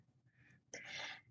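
A faint indrawn breath, then one sudden, loud, hissing burst: a single adult sneeze.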